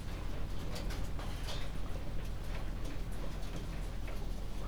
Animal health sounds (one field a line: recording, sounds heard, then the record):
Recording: poultry house recording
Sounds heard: healthy chickens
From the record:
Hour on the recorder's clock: 21